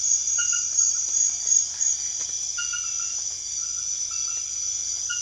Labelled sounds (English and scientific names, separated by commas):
none